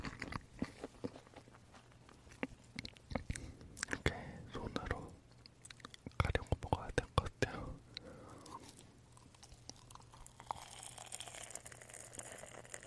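Marshmallows being eaten, with soft, squishy chewing and sticky mouth sounds that come in dense clusters through the first eight seconds. Sharp clicks and smacks punctuate the bites, then the chewing thins out into quieter, slower sounds with a faint steady hum underneath.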